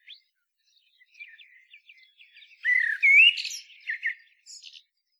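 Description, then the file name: Common blackbird song: soft scattered notes building into a loud, swooping fluted phrase and a scratchy high twittering finish. "Turdus merula"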